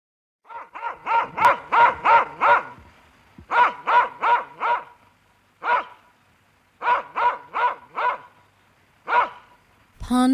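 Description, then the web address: Dog barks in a rapid run of several barks, then shorter groups and single barks, ending with a sudden burst of noise. "dog barking"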